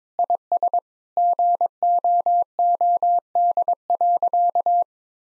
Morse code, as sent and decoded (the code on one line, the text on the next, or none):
.. ... / --. --- --- -.. .-.-.-
IS GOOD.